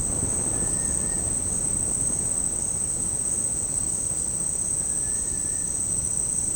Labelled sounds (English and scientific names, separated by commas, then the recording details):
none
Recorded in dense forest near Puerto Asís, Putumayo, Colombia, on 20 February 2024 at 08:30
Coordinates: 0.486, -76.316
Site G6437